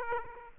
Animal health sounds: mosquito wingbeat signal from an infrared sensor; Aedes aegypti

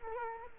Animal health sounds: mosquito wingbeat signal from an infrared sensor; Culex quinquefasciatus

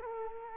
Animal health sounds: mosquito wingbeat signal from an infrared sensor; Culex quinquefasciatus

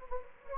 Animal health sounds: mosquito wingbeat signal from an infrared sensor; Anopheles gambiae

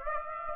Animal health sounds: mosquito wingbeat signal from an infrared sensor; Aedes aegypti

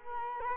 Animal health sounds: mosquito wingbeat signal from an infrared sensor; Culex quinquefasciatus

